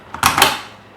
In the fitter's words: and just make sure it snaps you hear that you know sound and it's right in there